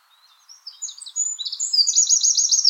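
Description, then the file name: Eurasian wren song starting with thin, high notes and quickly swelling into a loud, rapid trill at the end. "Troglodytes troglodytes"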